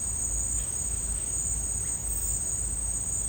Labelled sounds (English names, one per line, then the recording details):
none
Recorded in dense forest near Puerto Asís, Putumayo, Colombia, on 26 December 2024 at 09:30
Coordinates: 0.481, -76.323
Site G100